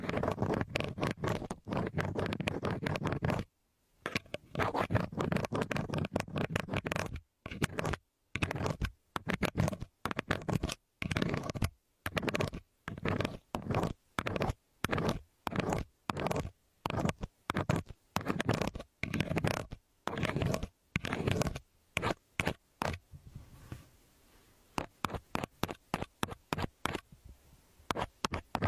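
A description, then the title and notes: An earpick scrapes and rubs in short, dense bursts of scratchy, muffled friction. The strokes come quickly and fairly regularly, split by brief silences, with a steadier rough stretch early on and sparser, quieter strokes near the end. Earpick to help you remove earwax.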